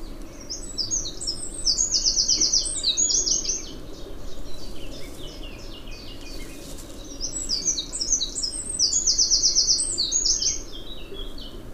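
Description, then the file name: Eurasian wren song, high rapid tumbling trills and twitters lasting about four seconds, given twice, over a constant low rumbling background noise. "Troglodytes troglodytes"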